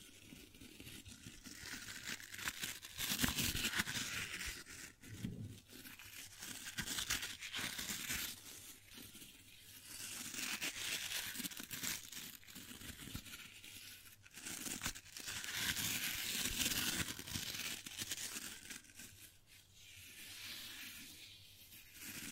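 Gentle brushing with a soft, crinkly rustle that rises and falls in slow swells, louder around 3, 10, and 17 seconds. The strokes blur into a dense, hissy texture, with a faint low hum running steadily underneath.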